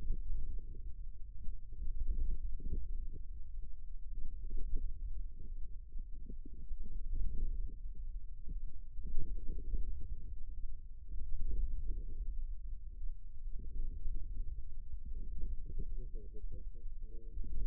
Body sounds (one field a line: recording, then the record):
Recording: forearm muscle sounds (acoustic myography)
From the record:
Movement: wrist flexion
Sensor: system 2, bracelet of six BSWA MPA416 microphones around the upper forearm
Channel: 2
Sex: male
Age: 22 years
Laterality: right